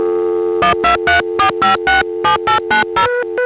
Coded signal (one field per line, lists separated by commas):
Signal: DTMF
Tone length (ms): 130 ms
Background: music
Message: 1234567890